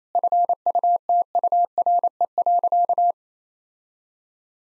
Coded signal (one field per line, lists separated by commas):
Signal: Morse code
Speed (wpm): 27 wpm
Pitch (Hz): 700 Hz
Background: none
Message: FUTURE.